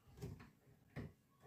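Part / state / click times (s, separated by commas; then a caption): PC power cable plug into a component socket / not seated / none. A PC power cable plug is lined up the right way round and pushed toward a component socket inside a PC. Two short handling thumps with broadband rustle are heard at about 0.2 s and 1.0 s. Nothing has seated or clicked yet.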